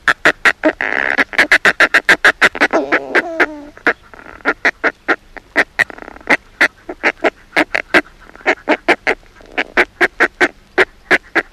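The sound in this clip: Northern fulmar calls, fast repeated harsh cackles with a drawn-out gurgling, chuckling passage near the start before the rapid notes resume.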